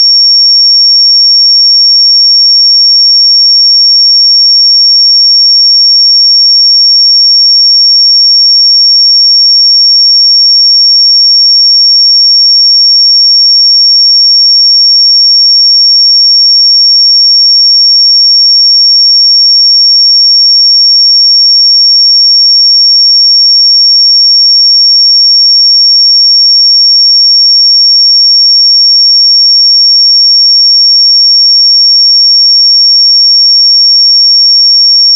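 A pure sine tone at 5514 Hz, a single thin, high whistle held perfectly steady for the full thirty-five seconds. The pitch and loudness never waver, and nothing else is audible behind it, just the one clean, bright note against silence.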